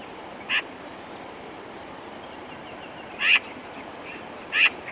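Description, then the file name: Eurasian magpie calling three times with single harsh, scratchy notes spaced one to three seconds apart over a steady hiss. "Pica pica"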